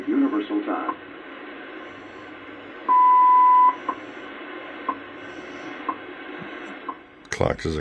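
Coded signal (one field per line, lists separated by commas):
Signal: radio time signal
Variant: WWV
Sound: long steady beep, then four short clicks one second apart over hiss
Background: radio static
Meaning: The long 1000 Hz tone marks the start of a new minute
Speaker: 25 MHz WWV coming in real [Music] strong at the tone. 0 hours 49 minutes coordinated universal time.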